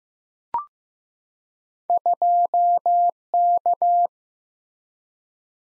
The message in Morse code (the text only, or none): 2K